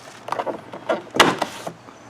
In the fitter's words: that side and then just simply push down and it snaps back in place